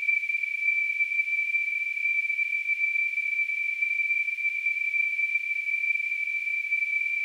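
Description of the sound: A steady, continuous high-pitched ringing hiss, a narrow band of sound centred near 2.3 kHz, simulating tinnitus.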